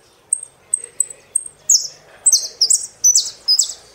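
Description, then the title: Saffron finch song: four thin high chips, then a series of loud buzzy downslurred notes. "Jilguero Argentino"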